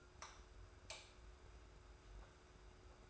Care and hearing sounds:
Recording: daily activity, microphone in the room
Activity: light on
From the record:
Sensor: 2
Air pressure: 990.8 hPa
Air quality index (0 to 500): 122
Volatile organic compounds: 90 ppm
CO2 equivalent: 3682 ppm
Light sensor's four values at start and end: 26/60/24/24 and 30/78/31/31

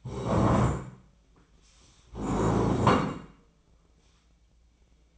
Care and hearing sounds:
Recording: daily activity, microphone in the room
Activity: stand up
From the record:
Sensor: 1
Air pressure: 1012.3 hPa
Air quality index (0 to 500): 172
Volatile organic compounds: 3 ppm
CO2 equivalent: 1418 ppm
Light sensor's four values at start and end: 45/123/50/61 and 46/124/51/63

